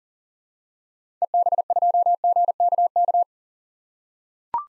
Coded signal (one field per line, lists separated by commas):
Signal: Morse code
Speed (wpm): 38 wpm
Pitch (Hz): 700 Hz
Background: none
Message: EB2GKK